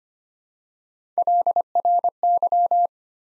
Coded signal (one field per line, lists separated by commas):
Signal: Morse code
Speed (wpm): 25 wpm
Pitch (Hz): 700 Hz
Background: none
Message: LRY